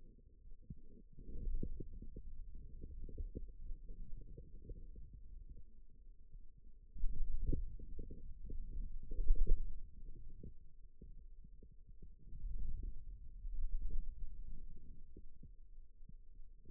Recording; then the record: forearm muscle sounds (acoustic myography)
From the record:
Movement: wrist flexion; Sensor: system 2, bracelet of six BSWA MPA416 microphones around the upper forearm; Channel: 4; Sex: male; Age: 22 years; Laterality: right